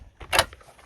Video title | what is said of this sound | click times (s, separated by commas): Infinity glass windbreak full install on decked area. | and they'll just click into place and then we're going to have something else later which | 0.4 s